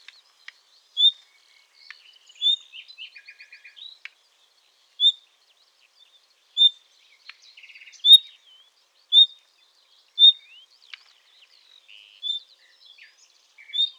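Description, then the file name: Common nightingale giving short whistled notes at uneven intervals, with a scratchy rattled phrase, a run of quick even notes and a few buzzy bursts between. "Luscinia megarhynchos"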